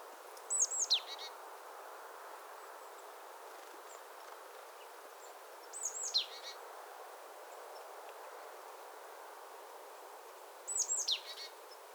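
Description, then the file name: Great tit giving brief, high, falling notes in short bursts, repeated roughly every five seconds, quiet against a soft steady background hiss. "Parus major"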